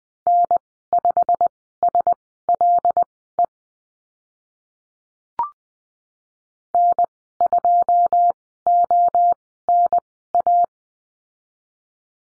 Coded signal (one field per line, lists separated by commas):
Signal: Morse code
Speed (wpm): 20 wpm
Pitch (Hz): 700 Hz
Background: none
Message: N5SLE N2ONA